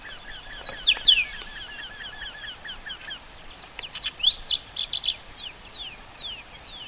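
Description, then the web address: Whinchat song in two short phrases of scratchy, steeply sweeping high notes, the second followed by descending slurs, against a background of quick, faint repeated chirps. "Saxicola rubetra"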